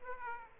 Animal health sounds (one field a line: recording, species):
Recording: mosquito wingbeat signal from an infrared sensor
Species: Aedes aegypti